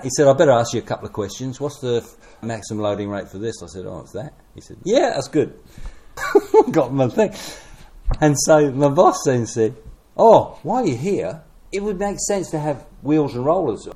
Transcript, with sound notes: I’d better ask you a couple of questions – what’s the maximum loading rate for this?” I said, “Oh, it’s that.” He said, “Yeah, that’s good.” [Chuckle] Got my thing; and so my boss then said “Oh, while you’re here, it would make sense to have wheels and rollers;